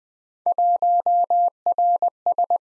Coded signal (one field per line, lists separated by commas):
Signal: Morse code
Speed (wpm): 21 wpm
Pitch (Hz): 700 Hz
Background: none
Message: 1RS